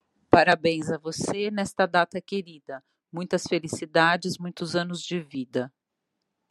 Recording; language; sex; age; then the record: short text; Brazilian Portuguese; female; 50 to 59 years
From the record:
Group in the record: control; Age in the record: 54 years